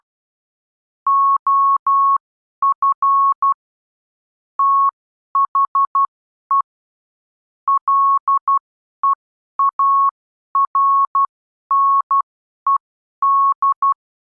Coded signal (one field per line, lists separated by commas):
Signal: Morse code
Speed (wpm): 12 wpm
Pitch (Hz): 1100 Hz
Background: none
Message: OF THE LEARNED